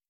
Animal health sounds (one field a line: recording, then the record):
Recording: hydrophone in a shrimp aquaculture tank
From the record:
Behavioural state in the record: stressed